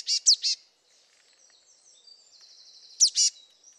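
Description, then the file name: Marsh tit calling: a quick cluster of three sharp, high, buzzy notes, a pause, then another pair of sharp notes near the end. "Poecile palustris"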